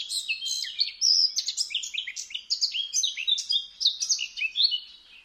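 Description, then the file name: Eurasian blackcap in full song, a bright, fast warble of clear whistles and sweeping notes running on without a break. "Sylvia atricapilla"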